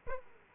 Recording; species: mosquito wingbeat signal from an infrared sensor; Aedes aegypti